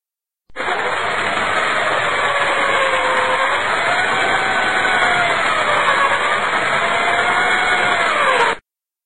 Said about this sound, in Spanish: Un taladro.